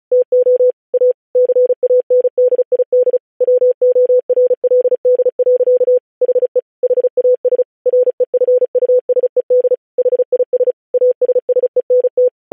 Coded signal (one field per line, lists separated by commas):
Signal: Morse code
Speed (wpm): 36 wpm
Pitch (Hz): 500 Hz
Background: none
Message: TO A CANDID WORLD. HE HAS REFUSED HIS ASSENT